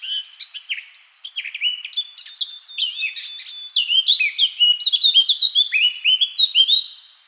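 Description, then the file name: Eurasian blackcap song, a continuous chattering warble of quick high notes that grows louder and more fluting, with repeated down-slurred whistles near the end. "Sylvia atricapilla"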